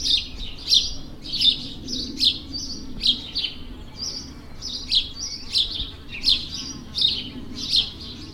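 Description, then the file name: House sparrow chirping: a steady string of short, bright chirps, roughly one every three-quarters of a second, a few doubled, with a faint low hum beneath. "Passer domesticus"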